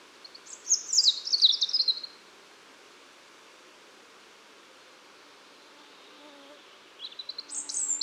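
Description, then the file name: European robin song, a high trilled, tinkling phrase in the first two seconds and another starting near seven seconds, over steady background hiss. "Erithacus rubecula"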